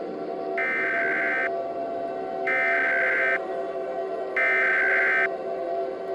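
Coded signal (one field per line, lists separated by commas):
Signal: Emergency Alert System (SAME) tones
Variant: header bursts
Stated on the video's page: Entirely fictional EAS scenario based on a horror film, possibly with valid EAS tones.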